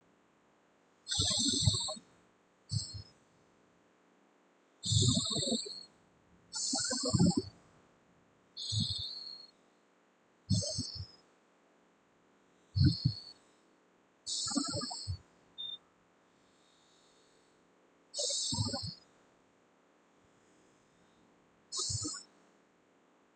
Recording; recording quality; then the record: deep breathing; excellent, no background noise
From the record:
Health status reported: recovered from COVID-19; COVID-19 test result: negative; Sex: male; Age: 23 years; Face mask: not worn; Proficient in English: yes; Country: India